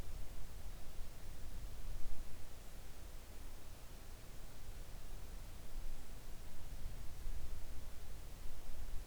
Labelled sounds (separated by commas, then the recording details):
near silence
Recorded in the Arctic National Wildlife Refuge, Alaska, on 3 August 2019 at 06:09
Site 41